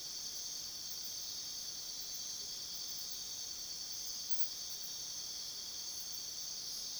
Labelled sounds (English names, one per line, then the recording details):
none
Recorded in pastures near Puerto Asís, Putumayo, Colombia, on 21 February 2024 at 03:30
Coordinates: 0.497, -76.327
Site G7276